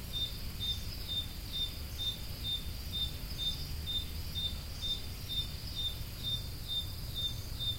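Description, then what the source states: Cricket chirping in an even rhythm, high and clipped, about twice a second, with a low rumble. Crickets recorded at Roodekopjes.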